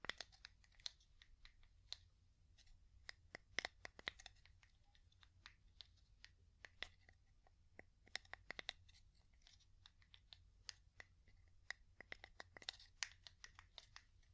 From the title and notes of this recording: ASMR Calming Wood Tapping (No Talking).